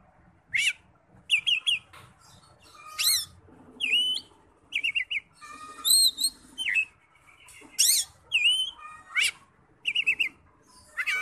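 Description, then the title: Oriental magpie-robin singing a varied series of loud whistled and slurred notes, some rising and some falling, with brief pauses between phrases. "Kacer"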